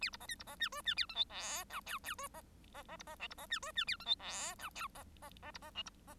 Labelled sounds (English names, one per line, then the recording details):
Bengalese Finch song
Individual Bird1